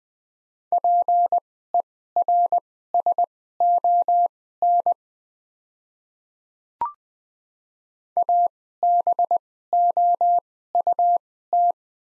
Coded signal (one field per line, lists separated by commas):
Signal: Morse code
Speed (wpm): 21 wpm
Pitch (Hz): 700 Hz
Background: none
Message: PERSON ABOUT